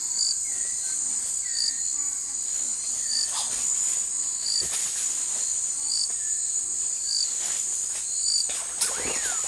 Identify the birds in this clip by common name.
none